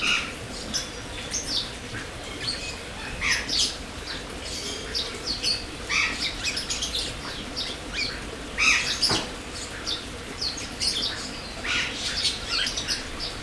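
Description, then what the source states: Birds chattering constantly, a mix of sharp chirps and harsh squawks from many birds overlapping, with a brief loud burst in the second half. Birds in an aviary at Jászberény Zoo, recorded in 2016.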